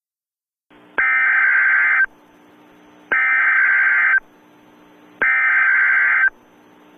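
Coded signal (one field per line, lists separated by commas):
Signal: Emergency Alert System (SAME) tones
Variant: header bursts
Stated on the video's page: Purported EAS nuclear attack alert for the US.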